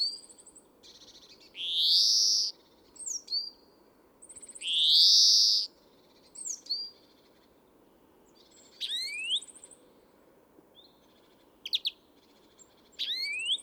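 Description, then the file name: European greenfinch calls, including two drawn-out rising wheezy notes and several quick upswept chirps between softer high twittering, with constant low background rumble. "Chloris chloris"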